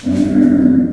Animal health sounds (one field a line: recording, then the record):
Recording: squeal of a Yucatan mini pig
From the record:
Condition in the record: after surgery on the right vocal fold (resection and tissue-engineered implant)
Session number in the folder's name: 4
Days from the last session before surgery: 26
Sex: female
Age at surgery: 19 weeks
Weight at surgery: 25 kg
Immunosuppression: prednisolone